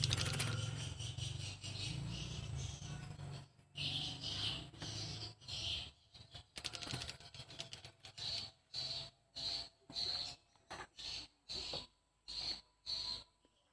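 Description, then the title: Swiftlet chirps: high, buzzy notes, settling into a regular pulse of roughly two per second, with a low hum under the opening seconds. "Suara Burung Wallet"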